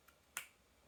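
A Garmin bike radar unit is twisted onto its plastic quarter-turn mount, with a faint tick at 0.1 s. It locks home with a single sharp, bright click at 0.4 s, a positive, firmly seated lock.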